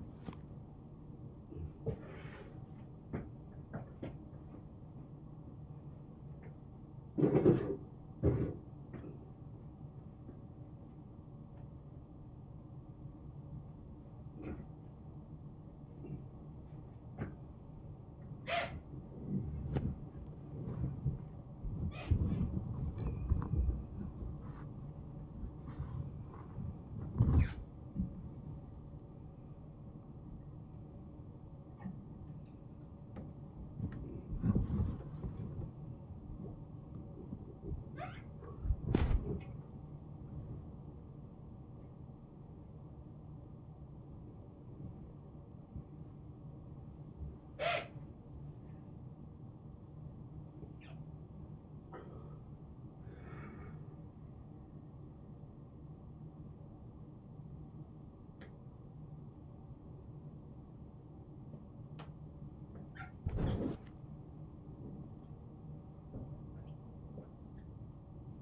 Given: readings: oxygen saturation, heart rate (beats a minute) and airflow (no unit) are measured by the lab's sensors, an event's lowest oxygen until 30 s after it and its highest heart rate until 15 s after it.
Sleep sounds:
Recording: a person awake in a sleep study, by a smartphone at the bedside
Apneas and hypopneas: none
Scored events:
0.00-68.42 s: awake
0.00-68.42 s: awake
From the record:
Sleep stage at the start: awake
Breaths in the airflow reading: 21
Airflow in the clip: -0.9 to 1.2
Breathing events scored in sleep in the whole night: 263 in 5.5 hours asleep

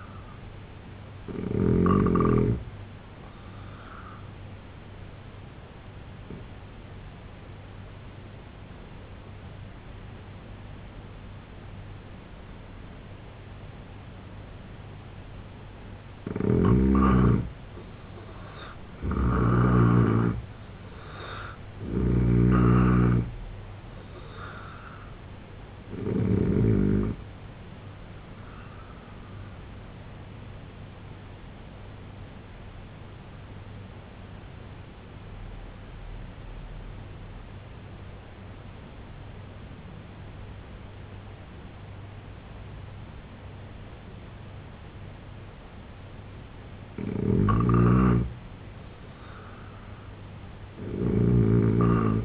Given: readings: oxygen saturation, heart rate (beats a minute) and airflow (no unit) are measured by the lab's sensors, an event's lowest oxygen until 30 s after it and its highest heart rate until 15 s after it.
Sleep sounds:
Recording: breathing in sleep by a voice recorder at the bedside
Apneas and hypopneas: 2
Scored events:
7.00-17.90 s: obstructive apnea (N3, oxygen 89% highest, then 81% lowest, heart rate 80 at the start, 91 highest)
25.00-52.25 s: new sleep stage, N2 (light sleep)
31.00-46.00 s: obstructive apnea (N2, oxygen 93% highest, then 84% lowest, heart rate 66 at the start, 80 highest)
From the record:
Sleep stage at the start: N3 (deep sleep)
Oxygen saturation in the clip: 81 to 93%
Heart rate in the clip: 64 to 91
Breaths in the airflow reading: 5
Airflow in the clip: -4.9 to 6.9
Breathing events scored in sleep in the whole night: 258 in 7.4 hours asleep

